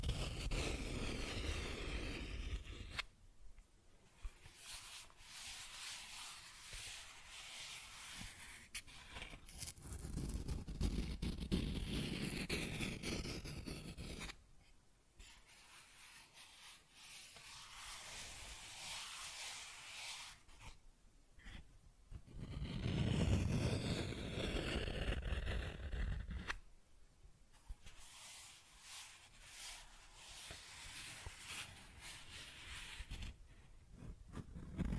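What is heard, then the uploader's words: Cardboard being scratched and traced, with rough scraping and rubbing strokes that come in bursts. Louder, fuller passages near the start, around 10–14 seconds, 23–26 seconds and 29–32 seconds alternate with thinner, quieter scratching. Brief pauses fall between the bursts. Cardboard Scratching, Tracing, Tearing.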